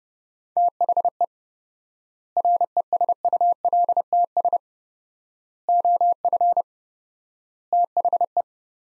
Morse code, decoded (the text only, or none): THE RESULTS OF THE